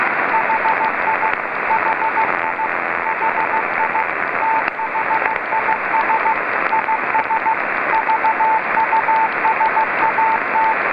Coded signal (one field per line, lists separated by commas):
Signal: Morse code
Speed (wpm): 15 wpm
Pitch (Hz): 890 Hz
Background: radio noise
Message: HI HI HI THIS IS VUSAT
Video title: VO-52 Ham Radio Satellite - The Dutch transponder - 145860 kHz (CW)